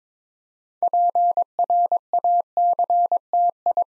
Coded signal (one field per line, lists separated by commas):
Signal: Morse code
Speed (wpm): 22 wpm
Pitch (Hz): 700 Hz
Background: none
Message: PRACTI